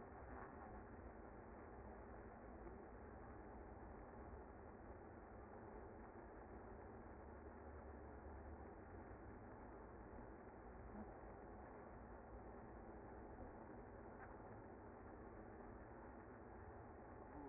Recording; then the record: honeybee colony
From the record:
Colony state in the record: active